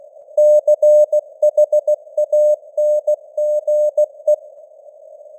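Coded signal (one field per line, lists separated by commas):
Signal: Morse code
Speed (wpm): 16 wpm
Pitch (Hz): 600 Hz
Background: none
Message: CHANGE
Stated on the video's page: Simulated Morse news headlines at 16 wpm with simulated radio noise and varying signal strength (QSB).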